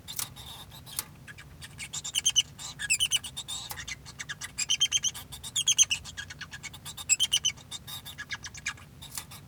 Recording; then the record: song of a male Bengalese finch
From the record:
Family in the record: son of father 2